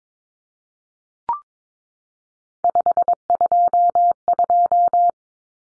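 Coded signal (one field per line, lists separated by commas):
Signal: Morse code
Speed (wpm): 22 wpm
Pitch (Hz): 700 Hz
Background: none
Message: 522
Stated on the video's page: Morse practice of common three-digit cut numbers at 22 wpm, T, A, N for 0, 1, 9, each sent, spoken, sent again.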